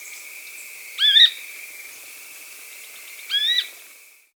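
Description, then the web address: Rufous spinetail giving two short, slightly rising notes about two seconds apart, over a steady high hum. Andean bird, South America. "Natures Songs S America Andean Birds. Rufous Spinetail (Synallaxis Unirufa)"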